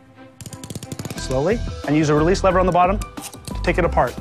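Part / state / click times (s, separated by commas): ratchet belt strap into buckle / seated / 0.4 s, 0.6 s, 0.8 s, 1.0 s, 1.1 s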